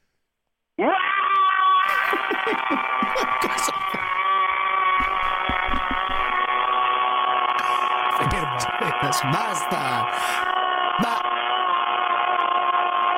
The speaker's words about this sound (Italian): Io vorrei salutarti perché io so che tu sei vivo. Sì. Salutami a modo tuo, col tuo classico urlo alla …. Vai, …!